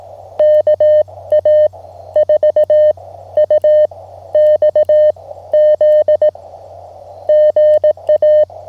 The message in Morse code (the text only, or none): KA4UXZ GA